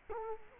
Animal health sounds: mosquito wingbeat signal from an infrared sensor; Culex quinquefasciatus

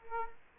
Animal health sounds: mosquito wingbeat signal from an infrared sensor; Culex quinquefasciatus

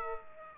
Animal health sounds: mosquito wingbeat signal from an infrared sensor; Aedes aegypti

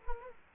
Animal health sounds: mosquito wingbeat signal from an infrared sensor; Culex quinquefasciatus

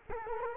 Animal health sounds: mosquito wingbeat signal from an infrared sensor; Culex quinquefasciatus

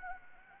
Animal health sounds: mosquito wingbeat signal from an infrared sensor; Anopheles arabiensis

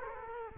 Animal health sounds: mosquito wingbeat signal from an infrared sensor; Culex quinquefasciatus

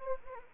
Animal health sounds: mosquito wingbeat signal from an infrared sensor; Anopheles arabiensis

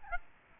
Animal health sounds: mosquito wingbeat signal from an infrared sensor; Aedes albopictus

